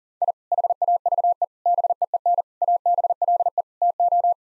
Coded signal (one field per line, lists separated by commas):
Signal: Morse code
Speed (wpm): 40 wpm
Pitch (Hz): 700 Hz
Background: none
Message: I HAVE BEEN ABLE TO